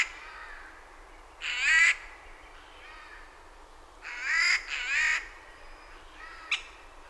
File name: Garrulus glandarius